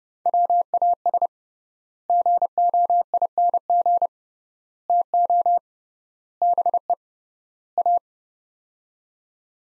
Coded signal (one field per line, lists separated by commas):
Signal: Morse code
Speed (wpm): 32 wpm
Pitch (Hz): 700 Hz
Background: none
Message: WAS GOING TO BE A